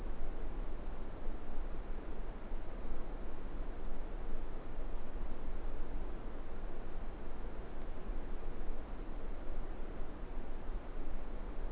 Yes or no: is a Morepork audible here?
no